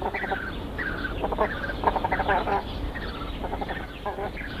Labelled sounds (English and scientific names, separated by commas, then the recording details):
Bronze-winged Duck (Speculanas specularis) call
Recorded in captivity
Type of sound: call
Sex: pair
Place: Zoo Berlin, Berlin, DE
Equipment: Halbspur, 9,5 cm/s
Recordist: Lütgens, Hans
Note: ein Paar